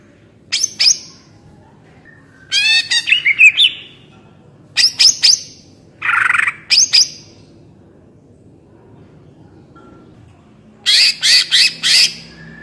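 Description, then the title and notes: Greater green leafbird giving scattered short song fragments: high sharp chips, a brief warbled phrase and clipped note clusters, with quiet gaps between them. Actively singing in the ngentrok style with crest raised; recording used to train captive birds. "Cucak Ijo Gacor Ngentrok Jambul Nembak. suara burung cucak ijo gacor, merdu cocok buat masteran burung cucak ijo"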